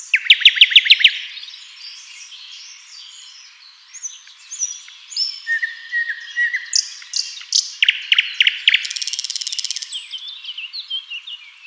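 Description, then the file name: Common nightingale song: opening rapid loud repeated notes, then varied whistled phrases and fast clicking trills. "Luscinia megarhynchos"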